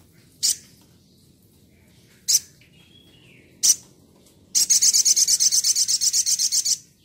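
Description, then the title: Spiderhunter with three sharp, high chips, then a rapid, pulsing trill of many notes. Labaik variant, from a masteran training recording for cage birds. "Sogok Ontong Labaik"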